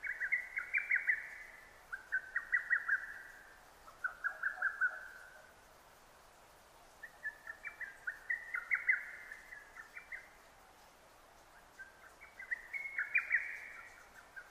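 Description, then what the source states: Lesser cuckoo song in three clusters of fast whistled phrases separated by short pauses. Recorded 6 June 2009.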